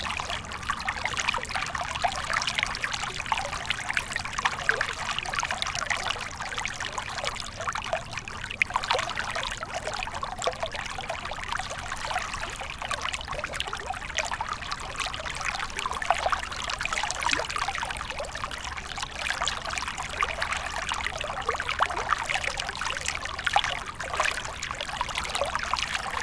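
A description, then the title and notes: A stream runs steadily, its water splashing and trickling in a dense, bright wash of small droplets with no pauses. The flow stays even throughout, close by, with a faint low rumble underneath that holds constant in the background. Crystal Clear Sleepy Stream Ambient Noise.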